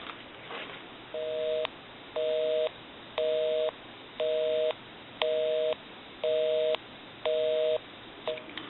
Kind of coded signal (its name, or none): telephone call progress tone